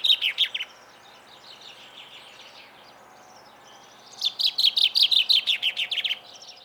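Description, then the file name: Common chaffinch singing: first the tail of one phrase, then, after a quiet gap of a few seconds, a full phrase of quick falling notes. "Fringilla coelebs"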